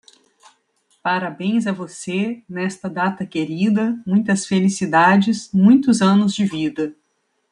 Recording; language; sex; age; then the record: short text; Brazilian Portuguese; female; 40 to 49 years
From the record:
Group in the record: control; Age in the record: 43 years